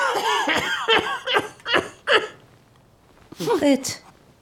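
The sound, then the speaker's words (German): A man coughs in a villa bedroom on 28 November 1924, in a run of harsh, throaty bursts, about five in quick succession, then falls quiet briefly before a final raspy fit of coughing. “plagt dich der Husten wieder?”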